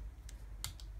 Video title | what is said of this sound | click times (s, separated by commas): Transformers Movie Masterpiece Barricade Review | until it snaps into place like so that section now pegged into place | 0.6 s